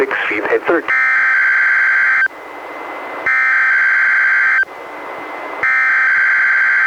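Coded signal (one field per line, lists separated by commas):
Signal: Emergency Alert System (SAME) tones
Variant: header bursts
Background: speech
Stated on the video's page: NWR required weekly test relayed by the Astoria transmitter, recorded from a Reecom R-1630 weather radio through a Zoom H1 recorder.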